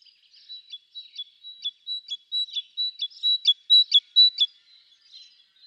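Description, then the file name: Great tit song starting softly and growing louder, a brisk repeated two-note phrase, fading out at the end. "Parus major"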